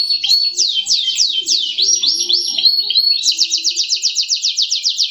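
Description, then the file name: Canary song with looping, swooping whistled phrases that break into a quick, regular trill of repeated descending notes. "kenari robin hood. omkicau"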